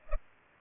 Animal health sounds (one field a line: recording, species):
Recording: mosquito wingbeat signal from an infrared sensor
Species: Culex pipiens